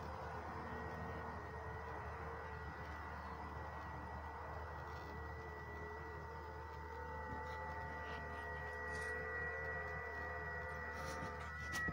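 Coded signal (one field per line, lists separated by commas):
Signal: FT8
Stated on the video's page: FT8 on a portable go-box station with a multiband vertical antenna for 20/17/15/12/10 meters, run during a power outage.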